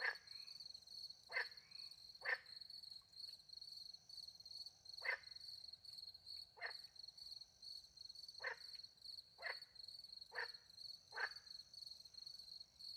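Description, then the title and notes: Frog croaking in short separate bursts, several calls at irregular intervals, against a continuous shrill cricket chorus. Frogs with crickets in the countryside by night, France; microphones hidden in a tree close to a little pond; recorded with two microphones into a field recorder. "Frogs and crickets, France. Frogs and crickets in the countryside by night. The microphones were hidden in a tree close to a little pond"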